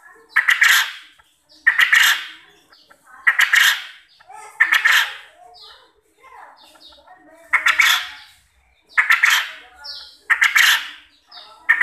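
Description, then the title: Quail repeating loud grating calls in several bursts, with soft chirps in the pauses. Quail call used as a lure to make quail answer and call actively. "Burung Puyuh Mana Yang Tidak Nyaut Dan Gacor Dengan Pancingan Ini"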